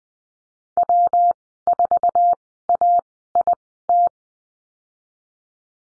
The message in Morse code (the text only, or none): W4AIT